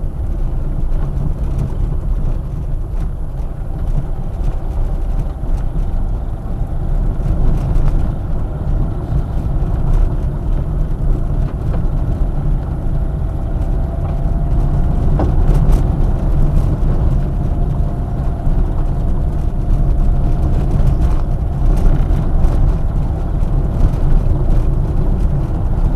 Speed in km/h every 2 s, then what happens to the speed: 19, 20, 23, 25, 26, 26, 27, 25, 29, 29, 31, 31, 32.
0-5 speeds up to 25. 5-26 steady at about 27.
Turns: none.